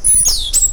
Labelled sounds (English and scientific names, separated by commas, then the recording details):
Stitchbird (Notiomystis cincta) song
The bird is a male
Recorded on Tiritiri Matangi Island, New Zealand, in 2005
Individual 1, of nest box 1